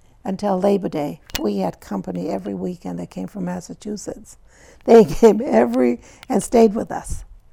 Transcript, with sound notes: until Labor Day, we had company every weekend that came from Massachusetts. (she laughs) They came every, and stayed with us.